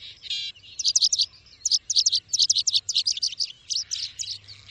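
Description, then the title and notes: Bird song opening with a rasping note, then a steady stream of quick, high, twittering chirps. Bird ringtone, described as having a melodious voice. "Burung Dengan Suara Merdu"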